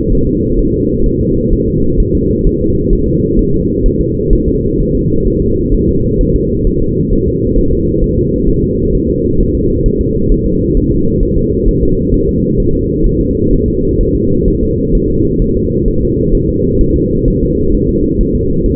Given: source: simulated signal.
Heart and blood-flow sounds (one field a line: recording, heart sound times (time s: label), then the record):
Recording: fetal heart sounds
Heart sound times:
0.12 s: S1
0.27 s: S2
0.59 s: S1
0.74 s: S2
1.06 s: S1
1.21 s: S2
1.53 s: S1
1.68 s: S2
2.00 s: S1
2.15 s: S2
2.47 s: S1
2.61 s: S2
2.93 s: S1
3.08 s: S2
3.39 s: S1
3.54 s: S2
3.86 s: S1
4.01 s: S2
4.33 s: S1
4.48 s: S2
4.80 s: S1
4.95 s: S2
5.28 s: S1
5.42 s: S2
5.74 s: S1
5.89 s: S2
6.21 s: S1
6.36 s: S2
6.67 s: S1
6.82 s: S2
7.13 s: S1
7.28 s: S2
7.58 s: S1
7.73 s: S2
8.04 s: S1
8.19 s: S2
8.50 s: S1
8.64 s: S2
8.95 s: S1
9.10 s: S2
9.40 s: S1
9.55 s: S2
9.86 s: S1
10.01 s: S2
10.32 s: S1
10.46 s: S2
10.77 s: S1
10.92 s: S2
11.23 s: S1
11.38 s: S2
11.68 s: S1
11.83 s: S2
12.14 s: S1
12.29 s: S2
12.60 s: S1
12.75 s: S2
13.06 s: S1
13.21 s: S2
13.53 s: S1
13.68 s: S2
14.01 s: S1
14.15 s: S2
14.48 s: S1
14.63 s: S2
14.95 s: S1
15.10 s: S2
15.42 s: S1
15.56 s: S2
15.88 s: S1
16.03 s: S2
16.35 s: S1
16.49 s: S2
16.81 s: S1
16.96 s: S2
17.28 s: S1
17.43 s: S2
17.74 s: S1
17.89 s: S2
18.21 s: S1
18.35 s: S2
18.66 s: S1
From the record:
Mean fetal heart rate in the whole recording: 130 bpm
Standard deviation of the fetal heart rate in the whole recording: 4 bpm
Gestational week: 38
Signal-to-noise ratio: -15.3 dB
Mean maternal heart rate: 72 bpm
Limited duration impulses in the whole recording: present